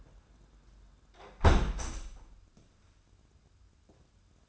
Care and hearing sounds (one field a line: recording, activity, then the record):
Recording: daily activity, microphone in the room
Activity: close window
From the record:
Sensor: 2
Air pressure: 994.3 hPa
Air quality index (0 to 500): 210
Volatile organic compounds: 1000 ppm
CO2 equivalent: 6985 ppm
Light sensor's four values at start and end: 67/155/64/63 and 65/153/63/61